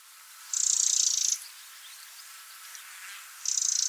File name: Troglodytes troglodytes 190321